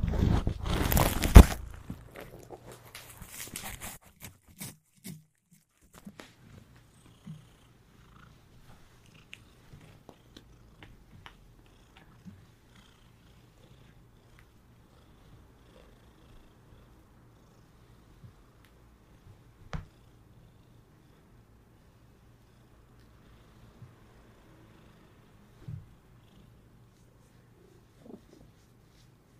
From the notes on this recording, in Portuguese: ASMR com alguns dos meus gatinhos, sons de comidinha, ronronando, massagem e respirações